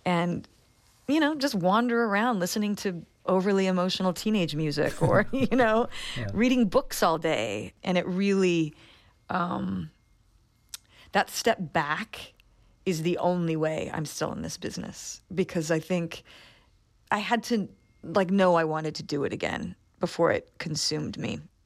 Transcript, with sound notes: and, you know, just wander around listening to overly emotional teenage music or, you know...
(LAUGHTER)
Yeah.
...Reading books all day. And it really - that step back is the only way I'm still in this business because I think I had to, like, know I wanted to do it again before it consumed me.